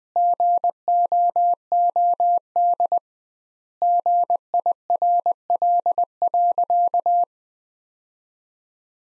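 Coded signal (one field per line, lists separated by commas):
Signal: Morse code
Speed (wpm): 19 wpm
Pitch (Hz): 700 Hz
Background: none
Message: GOOD GIRL.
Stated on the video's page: Practice sentences from the top 400 words at 20 wpm with double standard word spacing, a Farnsworth-like method applied to words.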